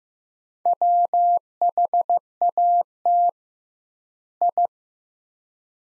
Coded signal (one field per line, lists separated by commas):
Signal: Morse code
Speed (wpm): 15 wpm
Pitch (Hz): 700 Hz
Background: none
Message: WHAT I